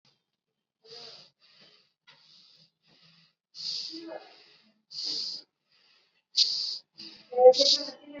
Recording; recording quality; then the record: shallow breathing; moderate, slight background noise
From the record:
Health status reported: COVID-19 positive, mild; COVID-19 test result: positive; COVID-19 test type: rapid antigen test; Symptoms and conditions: cough, sore throat, fever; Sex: female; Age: 18 years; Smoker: no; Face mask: worn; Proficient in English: yes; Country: India